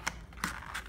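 Someone folds a Warneke Made Paulson-type poker chip box and pushes its prefolded locking tab toward its slot. Short, sharp handling ticks come at about 0.1 s and 0.4 s, with softer rustling and a lighter tick near the end. The tab has not snapped or locked into place yet.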